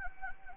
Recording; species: mosquito wingbeat signal from an infrared sensor; Anopheles gambiae